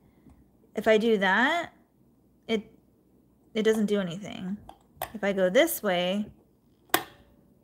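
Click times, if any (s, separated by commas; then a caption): 6.9 s. Someone talks while fitting an adjustable part on a new industrial sewing machine; turned one way, the part stays floppy and does nothing. Turned the other way, a single sharp click sounds at 6.9 s as the part locks in place, though it is suspected to be upside down.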